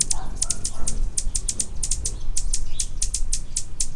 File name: Annas Hummingbird